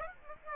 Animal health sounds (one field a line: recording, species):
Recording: mosquito wingbeat signal from an infrared sensor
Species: Aedes aegypti